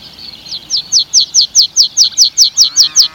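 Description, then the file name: Meadow pipit singing a steady series of high, downward-slurred notes at a rapid pace, growing louder and then holding an even rhythm. "graspieper"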